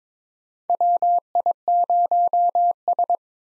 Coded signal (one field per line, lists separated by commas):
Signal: Morse code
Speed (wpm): 22 wpm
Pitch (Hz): 700 Hz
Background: none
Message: WI0S